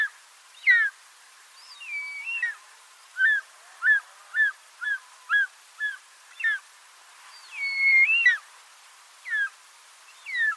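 Bird calls: a steady series of short whistled chirps, with a few longer warbled phrases before and after.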